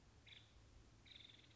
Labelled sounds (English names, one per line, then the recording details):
Nuttall's Woodpecker
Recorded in Sonoma County, California